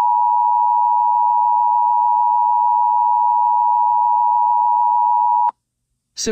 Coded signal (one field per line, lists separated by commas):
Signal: Emergency Alert System (SAME) tones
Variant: 853 and 960 Hz attention tone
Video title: EAS Scenario: The Halloween Masscure!!